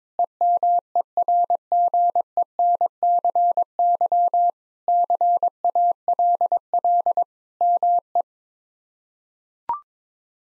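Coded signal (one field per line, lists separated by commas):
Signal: Morse code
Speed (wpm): 22 wpm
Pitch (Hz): 700 Hz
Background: none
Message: EMERGENCY CALL ME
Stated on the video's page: Morse practice at 22 wpm: sentences of common three-word phrases, sent, spoken, then sent again.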